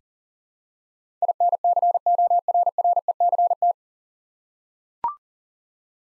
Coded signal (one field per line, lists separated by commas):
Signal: Morse code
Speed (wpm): 40 wpm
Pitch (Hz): 700 Hz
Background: none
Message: INCORRECT